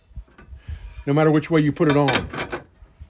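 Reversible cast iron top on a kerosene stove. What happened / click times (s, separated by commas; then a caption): The heavy top is being handled but has not yet locked into place / none. A reversible cast iron griddle top is handled on a Winnerwell Iron Stove No. 10 kerosene stove, being set between the locating knobs that hold it in place. Soft handling and rubbing sounds include a light knock at about 0.4 s, and someone talks from about 1.1 to 2.6 s. Nothing has seated or clicked into place yet.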